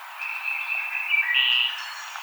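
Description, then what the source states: Wood thrush: one sustained fluted phrase stepping up to a brighter ringing note, with faint higher tones trailing. Recorded 5 May 2007.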